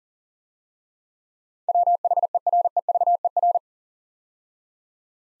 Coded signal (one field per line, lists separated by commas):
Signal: Morse code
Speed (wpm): 40 wpm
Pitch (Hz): 700 Hz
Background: none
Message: WHEREVER